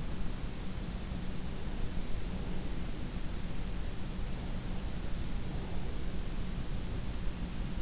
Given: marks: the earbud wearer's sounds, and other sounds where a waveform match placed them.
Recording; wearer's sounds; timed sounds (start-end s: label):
sounds in sleep by an in-ear microphone; breath
2.06-3.53 s: breath